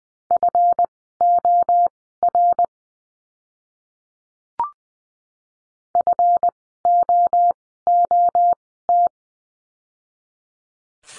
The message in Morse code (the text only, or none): FOR FOOT